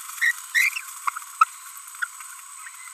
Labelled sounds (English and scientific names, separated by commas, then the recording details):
Green-rumped Parrotlet (Forpus passerinus) babbling
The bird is a female
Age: 30 days
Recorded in a nest box in Venezuela
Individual 17B42B3